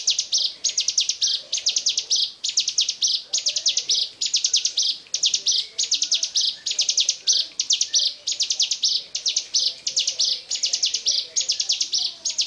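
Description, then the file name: Bar-winged prinia delivering a continuous stream of shrill, rapidly pulsed phrases, evenly paced throughout. "ciblekmonster"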